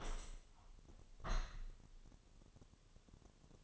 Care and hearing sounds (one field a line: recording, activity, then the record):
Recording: daily activity, microphone in the room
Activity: open window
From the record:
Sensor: 4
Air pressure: 1001.2 hPa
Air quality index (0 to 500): 176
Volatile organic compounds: 2 ppm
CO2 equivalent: 1259 ppm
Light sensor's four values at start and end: 12/27/11/12 and 12/27/11/12